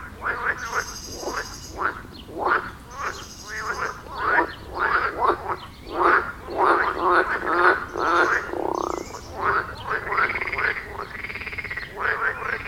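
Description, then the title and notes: Frog chorus of repeated rasping, rattling croaks, about two a second, overlapping in a busy uneven stream, with some higher buzzy notes in places. Frogs at the village pond in Wohlsborn, Germany; recorded with a TASCAM DR-40X. "Wohlsborn, Deutschland - Froschkonzert. Frog concert. Froschkonzert am Dorfteich in Wohlsborn. Aufgenommen mit TASCAM DR-40X"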